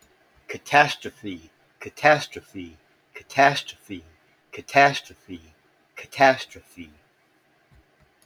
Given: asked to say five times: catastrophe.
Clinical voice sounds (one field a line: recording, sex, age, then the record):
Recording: repeated word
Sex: male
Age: 60 to 69 years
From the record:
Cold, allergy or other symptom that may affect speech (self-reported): no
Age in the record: 60 years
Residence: Illinois, United States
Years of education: 16